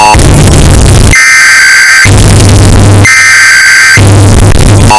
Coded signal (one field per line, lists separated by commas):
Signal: Emergency Alert System (SAME) tones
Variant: header bursts